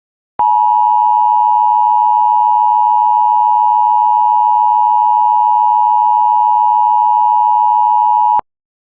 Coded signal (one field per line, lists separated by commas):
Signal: Emergency Alert System (SAME) tones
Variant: 853 and 960 Hz attention tone